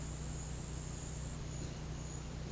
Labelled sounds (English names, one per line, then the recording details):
none
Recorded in pastures near Puerto Asís, Putumayo, Colombia, on 19 March 2025 at 10:00
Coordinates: 0.505, -76.324
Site GP08